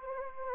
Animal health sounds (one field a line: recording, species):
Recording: mosquito wingbeat signal from an infrared sensor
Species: Anopheles arabiensis